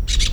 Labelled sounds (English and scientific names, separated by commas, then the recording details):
Brown-throated Parakeet (Eupsittula pertinax) contact call
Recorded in Venezuela
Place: PN Cerro Saroche, Tierras del Sr. Polo, Edo. Lara
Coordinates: 10.171, -69.518